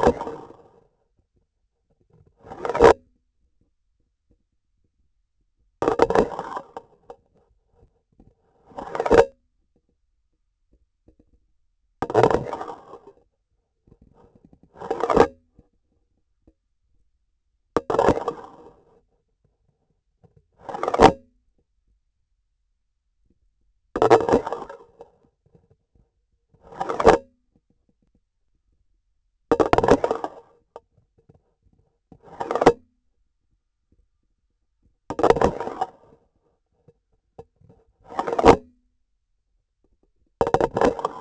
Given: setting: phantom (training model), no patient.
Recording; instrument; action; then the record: laparoscopic instrument, vibration sensor on the handle end; grasping forceps; insertion and removal through the trocar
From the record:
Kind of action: spatial motion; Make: Olympus